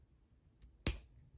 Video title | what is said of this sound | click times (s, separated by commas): Unboxing Jazwares Micro Galaxy Squadron Vulture Droid and Mystery Vehicle | yeah that one snapped in | 0.6 s, 0.9 s